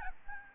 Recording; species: mosquito wingbeat signal from an infrared sensor; Aedes albopictus